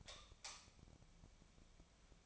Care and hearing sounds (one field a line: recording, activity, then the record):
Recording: daily activity, microphone in the room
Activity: light off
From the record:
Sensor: 1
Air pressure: 1009.8 hPa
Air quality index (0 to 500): 189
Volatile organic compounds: 17 ppm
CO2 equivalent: 2594 ppm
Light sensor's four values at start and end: 47/133/55/62 and 36/92/38/47